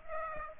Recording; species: mosquito wingbeat signal from an infrared sensor; Aedes aegypti